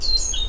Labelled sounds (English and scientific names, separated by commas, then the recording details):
Stitchbird (Notiomystis cincta) song
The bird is a male
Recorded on Tiritiri Matangi Island, New Zealand, in 2005
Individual 10, of nest box 12